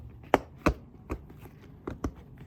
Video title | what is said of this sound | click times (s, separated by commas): Audi TT Roadster MK1 (2001) Seat Reupholstering | it clicks into place | 0.3 s, 0.7 s